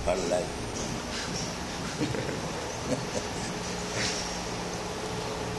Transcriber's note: laughs